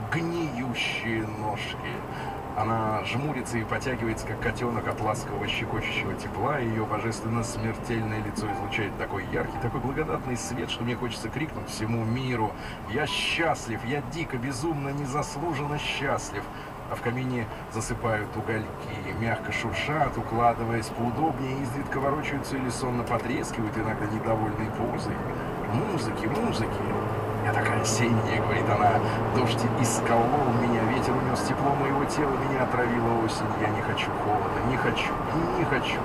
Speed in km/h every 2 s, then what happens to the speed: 9, 16, 24, 35, 37, 33, 25, 20, 18, 20, 24, 29, 35, 38, 48, 62, 68, 70.
0-6 speeds up to 35. 9-17 slows to 18. 17-36 speeds up to 70.